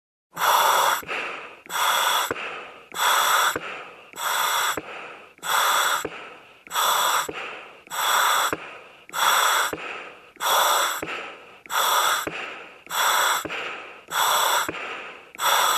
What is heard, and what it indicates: Heavy Breathing on Ventilator.